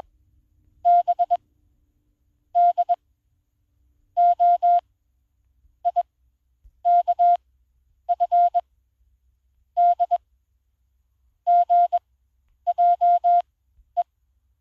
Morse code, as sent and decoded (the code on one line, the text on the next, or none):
-... / -.. / --- / .. / -.- / ..-. / -.. / --. .--- .
B D O I K F D GJE